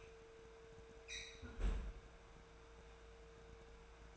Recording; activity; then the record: daily activity, microphone in the room; close fridge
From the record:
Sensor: 2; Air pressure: 1014.8 hPa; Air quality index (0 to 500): 193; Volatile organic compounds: 16 ppm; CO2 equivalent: 2558 ppm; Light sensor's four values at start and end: 25/62/27/30 and 26/64/28/31